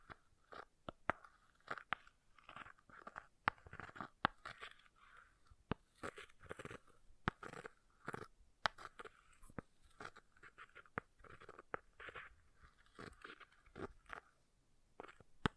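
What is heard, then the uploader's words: An object scratching in short, uneven strokes, crunchy and papery, with many sharp clicks and snaps scattered throughout. Bursts come every second or so without a steady rhythm, sitting mostly in the middle and upper range, with quiet gaps between them. ASMR Brain Melting Object Scratching (No Talking).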